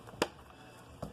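The front plastic canopy of a toy aircraft is pressed into place on the fuselage, giving a single sharp, loud snap at 0.2 s, with a few faint taps around it and a softer low thump near 1.0 s. The canopy is seated.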